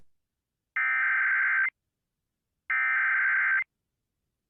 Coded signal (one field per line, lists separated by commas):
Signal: Emergency Alert System (SAME) tones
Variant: header bursts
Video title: 103.7 KISS FM (WXSS, Wauwatosa, WI) Tornado Warning EAS and Top of the hour ID (4/14/2026)